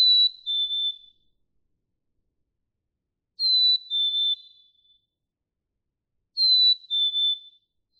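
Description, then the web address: Black-capped chickadee repeating its clear two-note whistle three times, roughly every three seconds, each phrase stepping down slightly in pitch. "birdsongforthecurious songs Black-capped Chickadee"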